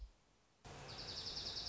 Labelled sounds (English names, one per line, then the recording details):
Dark-eyed Junco
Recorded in Sonoma County, California